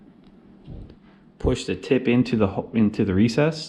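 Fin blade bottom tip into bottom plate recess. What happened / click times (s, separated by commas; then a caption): The part is being pushed into place but has not seated yet; no seating click / none. The bottom tip of a Fortis freediving fin blade is pushed by hand into the recess of a Happy Face bottom plate, with a couple of faint ticks near 0.3 and 0.9 seconds before someone talks from about 1.4 seconds. The tip is still being handled, and nothing has seated or clicked yet.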